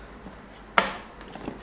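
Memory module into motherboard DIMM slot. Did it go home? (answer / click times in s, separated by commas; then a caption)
yes / 0.8 s. A memory module is pushed down into a motherboard DIMM slot until the retention clips snap shut. It seats with one sharp, bright click at 0.8 s, followed by a short decay and a couple of faint ticks around 1.2 s and 1.5 s. The module is confirmed seated.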